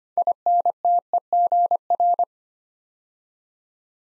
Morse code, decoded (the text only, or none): INTEGR